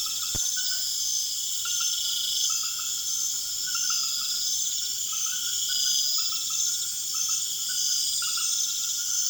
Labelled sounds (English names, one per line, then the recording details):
none
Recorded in secondary vegetation near Puerto Asís, Putumayo, Colombia, on 25 June 2025
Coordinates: 0.488, -76.319
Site G094